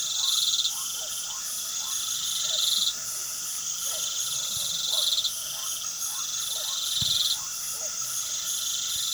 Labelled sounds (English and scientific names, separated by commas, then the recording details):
none
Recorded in pastures near Puerto Asís, Putumayo, Colombia, on 12 March 2025 at 21:30
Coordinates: 0.497, -76.327
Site G072